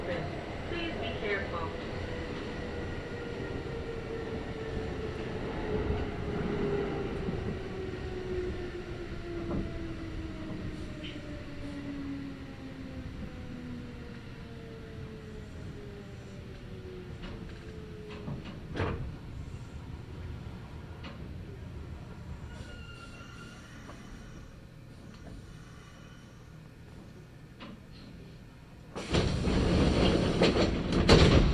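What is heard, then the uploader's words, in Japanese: Aboard a local commuter train, a motor whine slides steadily down in pitch over the first eighteen seconds as the car slows, over a low rumble and occasional clunks. A quiet steady hum follows, then a loud rushing burst from about 29 seconds. 近鉄名古屋線各駅停車 川越富洲原→塩浜。車内はほぼガラガラです。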